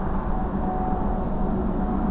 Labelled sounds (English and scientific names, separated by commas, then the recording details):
Redwing (Turdus iliacus)
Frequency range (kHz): Redwing (Turdus iliacus) 4.5-8.0 kHz
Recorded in France